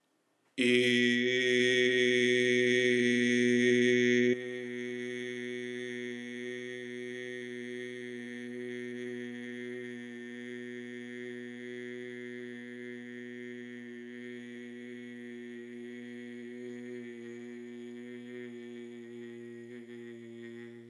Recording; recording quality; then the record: sustained vowel as in made; excellent, no background noise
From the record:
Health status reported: healthy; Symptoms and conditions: none ticked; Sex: male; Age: 22 years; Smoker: not ticked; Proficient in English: yes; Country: India